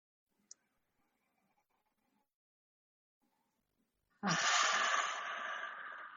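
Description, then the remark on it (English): After several seconds of near-silence and a faint click, a loud, hissing deep breath, taken while hugging oneself, bursts in abruptly and rushes on steadily, easing only slightly until the end. “So we hug ourselves, take a deep breath.”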